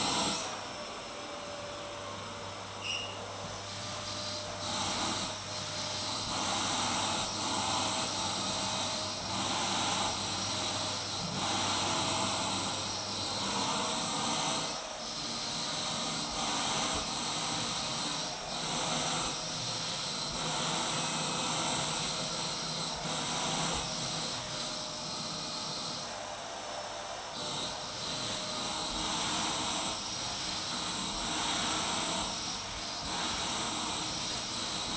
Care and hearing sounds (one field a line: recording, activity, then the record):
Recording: daily activity, microphone in the room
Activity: vacuum cleaning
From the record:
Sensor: 3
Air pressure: 991.0 hPa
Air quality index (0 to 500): 129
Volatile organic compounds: 151 ppm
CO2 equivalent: 4026 ppm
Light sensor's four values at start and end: 31/73/29/27 and 30/72/29/27